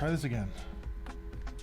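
Someone talks while handling the plastic LCD back cover on a Dell Inspiron laptop display assembly, getting ready to press it on again on a retry. Brief handling taps are heard near 1.1 s and 1.5 s. Nothing has seated or clicked yet.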